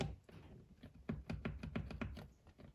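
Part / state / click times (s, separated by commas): tow mirror wiring connectors into door harness plugs / not seated / none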